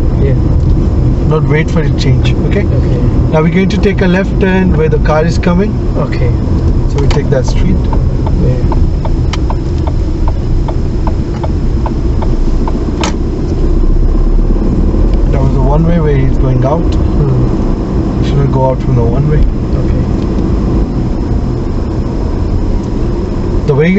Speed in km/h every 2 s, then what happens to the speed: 24, 26, 24, 18, 11, 11, 16, 24, 26, 26, 23, 21.
3-8 slows to 11. 10-16 speeds up to 26.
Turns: none.